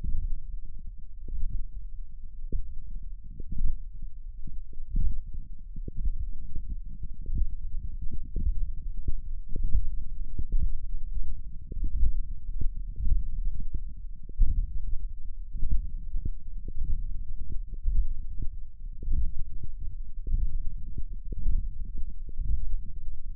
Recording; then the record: forearm muscle sounds (acoustic myography)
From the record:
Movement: index flexion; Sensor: system 1, eight BSWA MPA416 microphones around the upper forearm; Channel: 8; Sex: male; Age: 21 years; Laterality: right